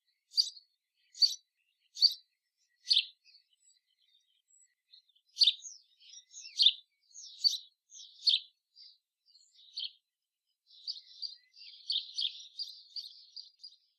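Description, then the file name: House sparrow chirps, a quick series of clipped notes, then irregular chirping building into a continuous twittering chatter at the end. "Passer domesticus"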